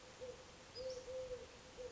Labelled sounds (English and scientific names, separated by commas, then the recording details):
Eurasian Collared Dove (Streptopelia decaocto)
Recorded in Sonoma County, California